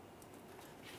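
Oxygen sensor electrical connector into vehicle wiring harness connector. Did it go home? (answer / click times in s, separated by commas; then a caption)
no / none. A downstream (Bank 1 Sensor 2) oxygen sensor's plastic harness connector on a 2009-2014 Nissan Maxima 3.5L V6 is handled with its locking tab lined up toward the vehicle-side wiring harness connector. Only faint, steady low-level handling noise and soft rustles are heard. Nothing has seated or clicked yet.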